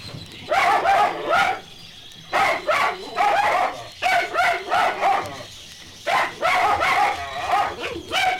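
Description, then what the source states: Dog yelping, puppies giving bursts of short high yaps and whines, several quick cries per burst with brief pauses between bursts. Puppies in pet shops.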